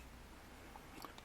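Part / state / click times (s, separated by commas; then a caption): toy car or plastic insert into snowglobe base / seated / 1.0 s, 1.2 s. A toy car or its plastic insert is pressed into the base of a homemade snowglobe over a low, steady background hiss. Two short, sharp clicks ring out at 1.1 and 1.2 seconds as the piece snaps into place and seats.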